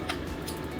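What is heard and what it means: A country-specific interchangeable plug adapter is being handled as it is slotted into the charger body of a Tripollar STOP Vx RF skin tightening device, to be twisted until it clicks into place. A brief faint tick at 0.1 s sits over a steady low background hum. Nothing has seated or clicked into place yet.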